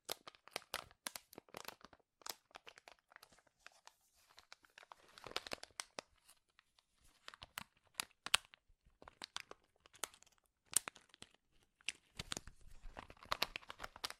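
Loud crinkling and crackling, like stiff plastic or paper being crushed, in sharp bursts that pop up irregularly throughout. Some stretches are dense, rustling clusters, notably around five to six seconds and again near the end, with brief quiet gaps between handlings.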